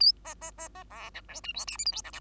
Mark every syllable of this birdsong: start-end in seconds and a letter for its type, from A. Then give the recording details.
0.00-0.12 A, 0.24-0.34 B, 0.41-0.51 B, 0.58-0.68 B, 0.75-0.84 B, 0.90-1.10 C, 1.14-1.22 D, 1.28-1.41 E, 1.44-1.53 F, 1.54-1.66 G, 1.67-1.77 H, 1.78-1.85 I, 1.85-1.92 J, 1.92-2.02 K, 2.04-2.11 L, 2.13-2.20 M. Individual Bird2